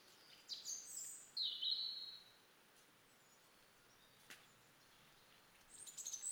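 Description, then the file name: European robin song: a sweet, high, warbling phrase early on, a long quiet gap, then very high thin notes at the end. "Erithacus rubecula"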